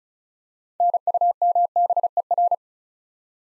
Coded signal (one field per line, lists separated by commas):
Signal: Morse code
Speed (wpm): 34 wpm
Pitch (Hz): 700 Hz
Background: none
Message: NUMBER